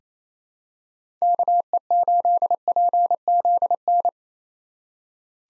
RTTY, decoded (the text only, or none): none